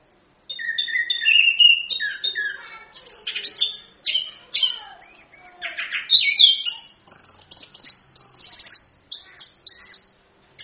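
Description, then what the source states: Orange-headed thrush song: a continuous chain of high chirps, descending slurs and quick trills, with a loud ringing passage in the middle. Full continuous song (gacor, ngerol); a masteran tutor song used as a pancingan lure to prompt other birds to sing.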